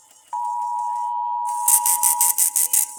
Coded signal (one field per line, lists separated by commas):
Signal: Emergency Alert System (SAME) tones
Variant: 853 and 960 Hz attention tone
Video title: INSERT OBNOXIOUS TEXT HERE. Broadcast Radio/TV EAS: Required Monthly Test (EAS #640-644)